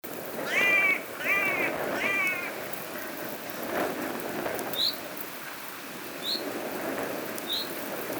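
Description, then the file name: Carrion Crow giving three harmonic caws in quick succession at the start, followed later by a few short high chirps. "Corvus corone"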